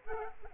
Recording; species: mosquito wingbeat signal from an infrared sensor; Aedes aegypti